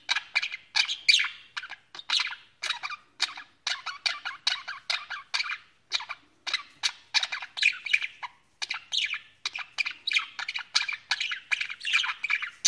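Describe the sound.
Budgerigar chirping: a rapid series of short, raspy chirps and squawks with tiny gaps, steady throughout.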